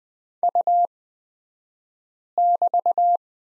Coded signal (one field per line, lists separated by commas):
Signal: Morse code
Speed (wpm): 20 wpm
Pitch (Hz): 700 Hz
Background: none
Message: U<BT>